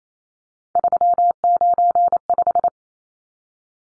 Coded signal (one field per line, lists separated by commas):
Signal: Morse code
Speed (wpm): 28 wpm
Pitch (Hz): 700 Hz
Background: none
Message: 395